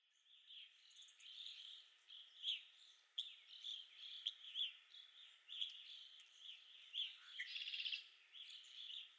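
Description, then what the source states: Red-winged blackbird: a harsh buzzy trill near the end, over a steady chattering chorus of other birds with sharp clicks scattered through. Recorded at Okalees on 5 May 2021.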